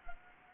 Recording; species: mosquito wingbeat signal from an infrared sensor; Anopheles gambiae